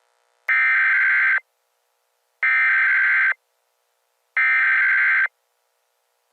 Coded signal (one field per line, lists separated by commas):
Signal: Emergency Alert System (SAME) tones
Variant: header bursts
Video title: EAS Scenario - Transformed